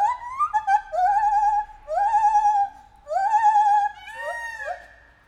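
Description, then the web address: White-handed gibbon hooting: a series of quavering, rising whoops with short gaps, ending in a few quicker bending notes. Captive, in a zoo in Nyíregyháza, recorded in 2019, calling with shorter and longer pauses between calls. "feherkezu gibbon kisebbnagyobbszunetekkel nyiregyhaza"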